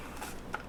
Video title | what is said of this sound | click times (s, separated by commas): The Whole FN'ing Family- FN-49, FN FAL, SCAR-17: The Best Battle Rifles Ever Made | that wasn't as satisfying and then here you pop it in like that | 0.5 s